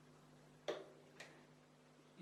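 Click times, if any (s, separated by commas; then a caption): 0.7 s. A cleaned Di2 XT electronic shifting cable plug is pushed firmly into the connector port on the rear derailleur, giving a sharp click at 0.7 s and a fainter tick at 1.2 s over a steady low hum. The plug is seated, making a solid connection sealed against water.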